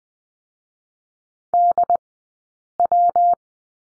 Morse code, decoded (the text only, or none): DW